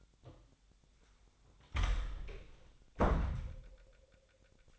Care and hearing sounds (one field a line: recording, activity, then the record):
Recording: daily activity, microphone in the room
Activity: close door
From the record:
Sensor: 3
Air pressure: 1007.1 hPa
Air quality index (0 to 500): 204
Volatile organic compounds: 18 ppm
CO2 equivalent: 2612 ppm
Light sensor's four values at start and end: 12/28/12/12 and 12/28/12/12